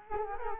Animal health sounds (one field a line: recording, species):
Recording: mosquito wingbeat signal from an infrared sensor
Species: Culex quinquefasciatus